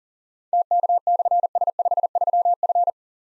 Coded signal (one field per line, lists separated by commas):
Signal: Morse code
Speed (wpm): 39 wpm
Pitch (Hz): 700 Hz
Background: none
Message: TK/S53F